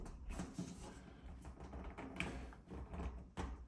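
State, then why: Seated. A plastic bumper pad is slid over the end of an aluminum track on a glass sliding (bypass) shower door, with faint scraping and handling noise along the way. At 2.2 seconds it snaps onto the track with one sharp click, and the pad is seated.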